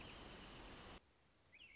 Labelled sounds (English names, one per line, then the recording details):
American Robin
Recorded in Sonoma County, California